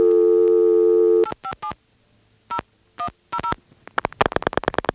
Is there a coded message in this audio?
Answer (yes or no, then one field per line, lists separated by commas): yes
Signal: DTMF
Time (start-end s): 1.2-3.5 s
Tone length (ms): 90 ms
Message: 857 0100